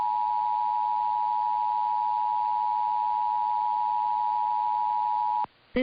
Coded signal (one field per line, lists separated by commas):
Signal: Emergency Alert System (SAME) tones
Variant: 853 and 960 Hz attention tone